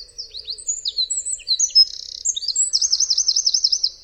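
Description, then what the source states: Eurasian wren singing a high, rapid song of sharp chips and whistles ending in a fast, wavering trill-like rattle, with no other sounds. Song includes a characteristic rattle (trill) used to identify the species.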